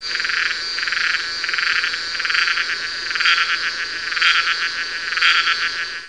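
Tacua speciosa cicada song, a loud rasping buzz pulsing in repeated bursts, with a steady high ringing tone running underneath throughout.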